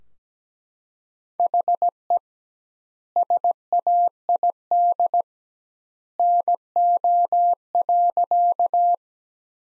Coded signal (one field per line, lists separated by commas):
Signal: Morse code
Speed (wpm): 17 wpm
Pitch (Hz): 700 Hz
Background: none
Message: HE SAID NO.